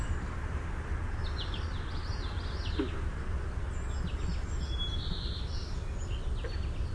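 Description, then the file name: Song sparrow song: faint high notes scattered throughout, with constant low rumbling noise underneath. "SOSP song"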